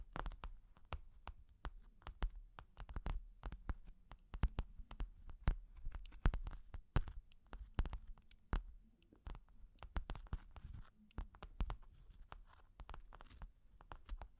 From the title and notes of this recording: Long Claws Tapping and Scratching (No Talking).